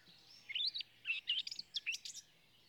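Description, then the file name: Eurasian blackcap giving a brief high warbled phrase of quick twisting notes, lasting about a second and a half, in an otherwise quiet background. "Sylvia atricapilla"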